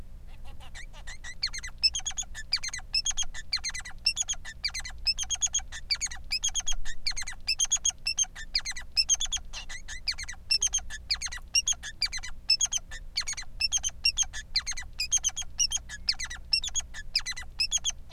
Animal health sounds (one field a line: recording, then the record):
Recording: song of a male Bengalese finch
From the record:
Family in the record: son of father 3